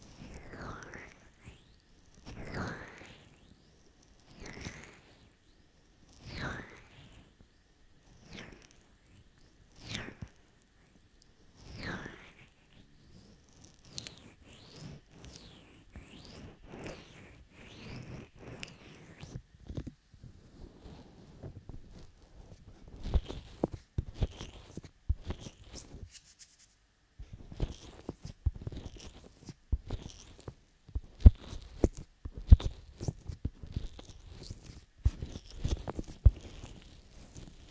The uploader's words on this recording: ASMR Ear Lotion Ear Cleaning Ear Cupping Ear Massage (3Dio).